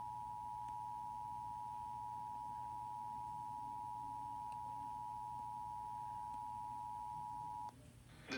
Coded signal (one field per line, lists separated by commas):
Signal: Emergency Alert System (SAME) tones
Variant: 853 and 960 Hz attention tone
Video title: Emergency Alert System Warning July 1! 2021